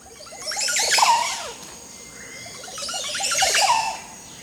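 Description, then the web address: Montezuma Oropendola giving two bubbling, gurgling bursts of liquid notes mixed with rushing, noisy high sounds, with a quiet gap between them. "BIRD NOTE. Montezuma Oropendola"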